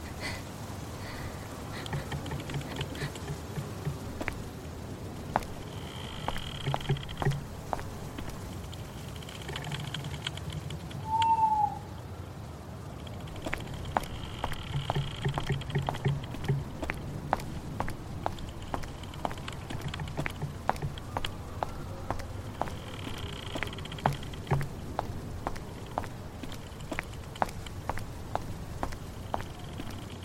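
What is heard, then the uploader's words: A dark night ambience: a low, steady rumble underlies sharp, irregular clicks and taps scattered throughout. Buzzing, insect-like drones swell and fade in passes around 6, 15 and 24 seconds, and a brief high whistle-like tone sounds near 11 seconds. Horror night ambience.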